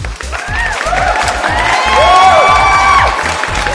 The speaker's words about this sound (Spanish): Gracias por los aplausos aquí en nuestro público en vivo, como siempre, en Latin Food Radio, en lunes